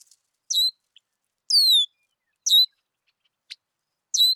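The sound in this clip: Red-winged blackbird calls: high, sharp notes with bright overtones, given about once a second with brief pauses between.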